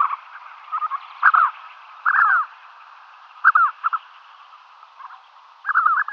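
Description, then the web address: Spotted sandgrouse giving short bursts of liquid, gurgling calls in irregular clusters. "Schulze Peter Spotted Sandgrouse"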